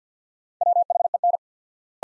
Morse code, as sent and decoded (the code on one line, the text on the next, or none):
.-- .... . -.
WHEN